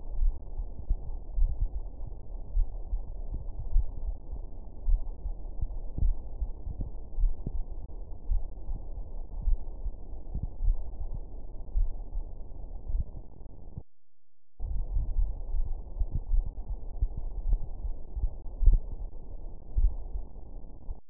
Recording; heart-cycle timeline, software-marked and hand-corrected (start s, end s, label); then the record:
heart sounds
0.00	0.18	diastole
0.18	0.34	S1
0.34	0.58	systole
0.58	0.68	S2
0.68	1.38	diastole
1.38	1.52	S1
1.52	1.74	systole
1.74	1.84	S2
1.84	2.54	diastole
2.54	2.66	S1
2.66	2.92	systole
2.92	3.02	S2
3.02	3.72	diastole
3.72	3.86	S1
3.86	4.06	systole
4.06	4.16	S2
4.16	4.86	diastole
4.86	5.00	S1
5.00	5.26	systole
5.26	5.36	S2
5.36	6.02	diastole
6.02	6.16	S1
6.16	6.40	systole
6.40	6.50	S2
6.50	7.18	diastole
7.18	7.32	S1
7.32	7.56	systole
7.56	7.64	S2
7.64	8.28	diastole
8.28	8.42	S1
8.42	8.68	systole
8.68	8.78	S2
8.78	9.46	diastole
9.46	9.58	S1
9.58	9.82	systole
9.82	9.92	S2
9.92	10.62	diastole
10.62	10.76	S1
10.76	11.00	systole
11.00	11.08	S2
11.08	11.76	diastole
11.76	11.90	S1
11.90	12.14	systole
12.14	12.24	S2
12.24	12.94	diastole
12.94	13.06	S1
13.06	13.28	systole
13.28	13.36	S2
13.36	14.06	diastole
14.06	14.14	S1
14.14	14.38	systole
14.38	14.46	S2
14.46	15.16	diastole
15.16	15.30	S1
15.30	15.54	systole
15.54	15.66	S2
15.66	16.30	diastole
16.30	16.44	S1
16.44	16.68	systole
16.68	16.78	S2
16.78	17.46	diastole
17.46	17.60	S1
17.60	17.84	systole
17.84	17.94	S2
17.94	18.62	diastole
18.62	18.80	S1
18.80	19.02	systole
19.02	19.10	S2
19.10	19.78	diastole
19.78	19.92	S1
19.92	20.14	systole
20.14	20.22	S2
20.22	20.88	diastole
20.88	20.98	S1
20.98	21.10	systole
From the record:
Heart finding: coronary artery disease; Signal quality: good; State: rest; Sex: female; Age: 42 years